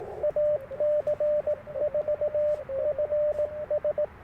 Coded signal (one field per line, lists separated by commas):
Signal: Morse code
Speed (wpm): 20 wpm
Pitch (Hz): 600 Hz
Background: radio noise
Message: AC4FS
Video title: Morning Morse Code - 1/10/24